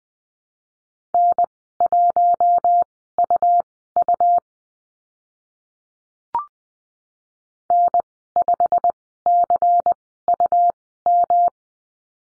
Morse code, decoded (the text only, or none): N1UU N5CUM